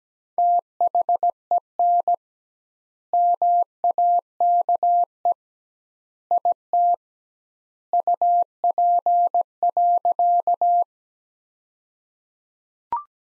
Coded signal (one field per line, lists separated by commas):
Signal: Morse code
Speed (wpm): 17 wpm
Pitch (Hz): 700 Hz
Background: none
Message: THEN MAKE IT UP.